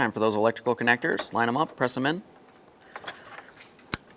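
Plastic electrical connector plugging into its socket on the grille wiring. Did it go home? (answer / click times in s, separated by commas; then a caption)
yes / 3.9 s. Someone talks while reinstalling the grille on a 2015–2020 Ford F-150, as a plastic electrical connector on the grille wiring is lined up and pressed into its mating socket. After a few faint handling taps, one sharp, loud click at 3.9 s marks the connector seating.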